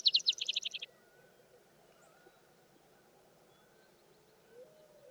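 Vesper sparrow song fragment: a quick run of high, buzzy trilled notes lasting under a second, then near silence with faint low hum.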